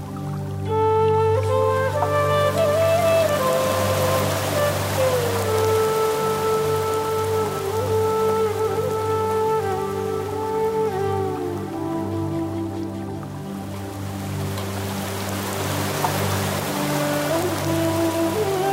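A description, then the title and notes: A flute plays a slow, sustained melody, with long held notes and gentle pitch bends, over a low droning bed of tones. Beneath it, a steady hiss of heavy rain and running water continues without pause, even in level throughout. Enchanting melodies of the flute, the calming cadence of a Japanese water stream, and the gentle patter of heavy rain on the streets.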